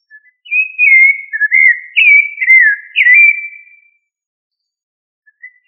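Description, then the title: Thrush song: a run of clear, slurred whistles around mid-high pitch, rising and falling in short warbled phrases over about three seconds, then a brief faint note. "Familia Turdidae - Sabia"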